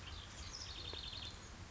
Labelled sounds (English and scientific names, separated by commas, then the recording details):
House Wren (Troglodytes aedon)
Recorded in Sonoma County, California